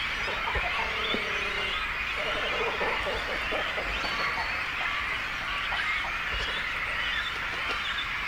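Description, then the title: Cormorants calling continuously in a colony, raspy high chatter with short guttural croaks early on and scattered clicks. Breeding cormorant colony with chicks, at Zemitz, Germany. "Zemitz, Deutschland - Kormorane brüten (mit Jungvögeln). breeding cormorants (with children)"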